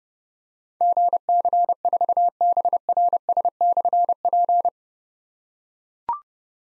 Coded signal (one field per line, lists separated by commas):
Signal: Morse code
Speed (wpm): 30 wpm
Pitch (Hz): 700 Hz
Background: none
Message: GC4BRS/P